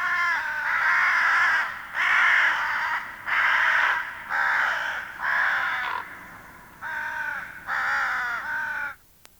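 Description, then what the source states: Hooded Crow repeating loud, hoarse caws about once a second, several in a row with a longer gap before the last few, ending in a click. Finland; released 1987.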